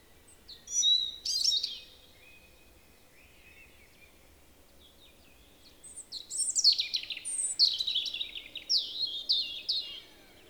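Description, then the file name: European robin song: a short high burst, a pause, then a longer run of varied high phrases and trills. "Erithacus rubecula"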